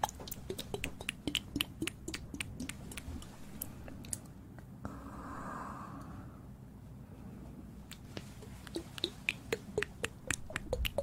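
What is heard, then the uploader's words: Ear cleaning and ear massage: quick, crackly clicks and snaps come in dense bursts over the first four seconds and again from about eight seconds on. In between, the clicking drops out for a soft, brief rubbing swish, with a low, steady rumble underneath throughout. ASMR Ear cleaning & Ear massage.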